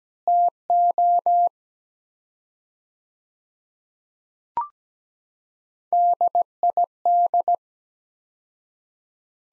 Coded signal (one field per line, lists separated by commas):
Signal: Morse code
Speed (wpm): 17 wpm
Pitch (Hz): 700 Hz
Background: none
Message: TO DID